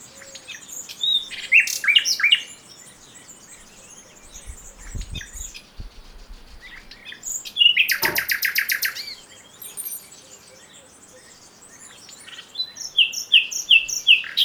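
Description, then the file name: Common nightingale singing varied phrases of chirps and whistles, including a dense buzzy rattle midway and a run of repeated clear notes near the end. "Luscinia megarhynchos"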